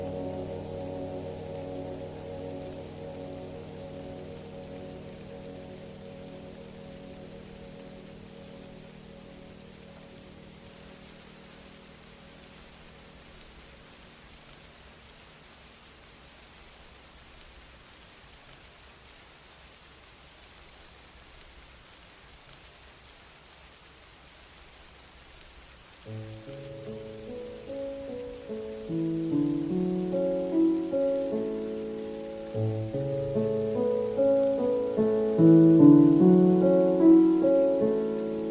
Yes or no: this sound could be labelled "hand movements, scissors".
no